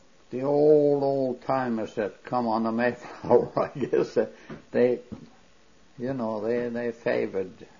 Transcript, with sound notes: the old, old timers that come on the Mayflower ( he laughs ) I guess they, you know, they favored